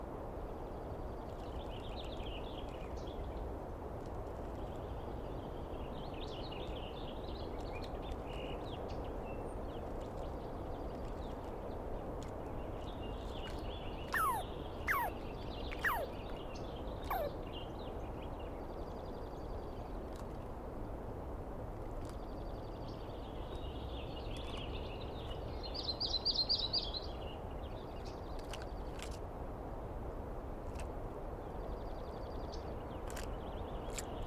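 Dawn in the East Cascades: scattered bird chirps over steady low rumble, with sharp clicks around fifteen seconds and a brighter call near twenty-six.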